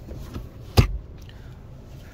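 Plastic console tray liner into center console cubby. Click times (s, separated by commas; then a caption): 0.8 s. A removable plastic tray liner, pulled out of the lower center console cubby of a 2023 Honda Civic Sport Hatchback by its tab for cleaning, is pushed back into place. It snaps in with a sharp click at 0.8 s, followed by a few faint ticks, and the liner is seated.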